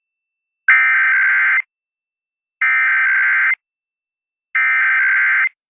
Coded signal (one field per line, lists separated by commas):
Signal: Emergency Alert System (SAME) tones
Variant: header bursts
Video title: EAS 3237-3238: KLOVE EAS Test